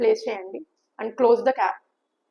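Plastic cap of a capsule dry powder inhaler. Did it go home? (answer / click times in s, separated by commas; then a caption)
no / none. A capsule sits in its slot in a rotahaler capsule dry powder inhaler while someone talks, and the inhaler's plastic cap is being closed over it. Only voice is heard in these 2.3 seconds, and the cap has not clicked or seated yet.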